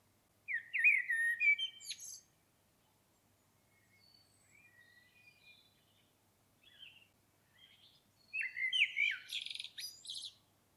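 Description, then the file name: Common blackbird song: a fluted warble ending in high squeaks, quiet subdued notes in between, then another warble with a strident twittering finish. "Turdus merula"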